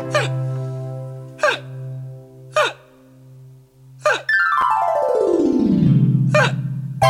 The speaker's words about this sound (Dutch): Nou, ik heb ook nog de hik.